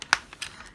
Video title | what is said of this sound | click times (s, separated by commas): LEGO IDEAS #22 Voltron - defender of the universe review 21311 | it back in lock it into place till it clicks | 0.1 s